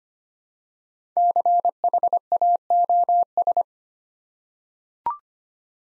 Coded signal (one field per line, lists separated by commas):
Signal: Morse code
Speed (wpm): 25 wpm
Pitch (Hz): 700 Hz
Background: none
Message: CHAOS